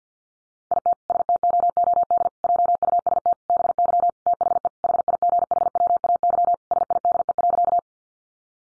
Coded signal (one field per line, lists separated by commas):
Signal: Morse code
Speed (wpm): 50 wpm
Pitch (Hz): 700 Hz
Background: none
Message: IT STOOD JUST BY THE HIGHWAY SIDE.